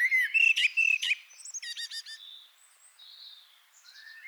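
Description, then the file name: Common blackbird song: sharp high chirps and a quick stutter of pulsed notes, trailing into soft, thin whistles. "Turdus merula"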